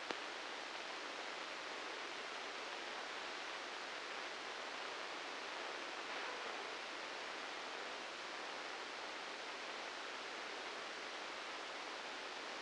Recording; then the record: brain microelectrode recording played as sound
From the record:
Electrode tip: inside the subthalamic nucleus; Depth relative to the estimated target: -3 mm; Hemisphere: left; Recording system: NeuroSet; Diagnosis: Parkinson's disease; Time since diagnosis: 19 years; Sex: female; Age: 69 years